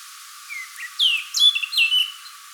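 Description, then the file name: Eurasian blackcap, a brief warbled phrase of a few soft notes leading into loud, clear, slurred whistles. "Sylvia atricapilla"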